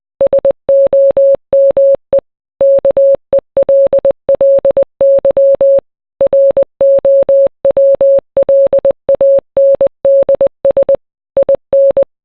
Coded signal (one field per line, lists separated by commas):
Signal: Morse code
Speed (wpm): 20 wpm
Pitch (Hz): 550 Hz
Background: none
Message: SOME KELLY ROWLANDS IN